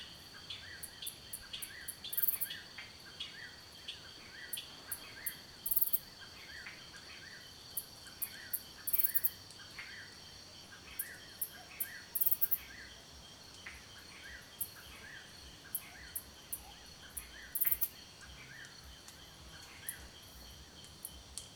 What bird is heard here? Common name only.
Slender-billed Greenbul